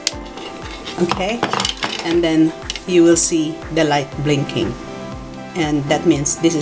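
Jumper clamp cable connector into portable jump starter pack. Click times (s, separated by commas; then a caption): 0.1 s. The jumper clamp cable's connector is pushed into the socket on a portable car jump starter pack with air compressor and snaps home with a sharp, loud click at 0.1 s. Afterward someone talks over background music, and the pack's indicator light starts blinking, showing the connector is seated.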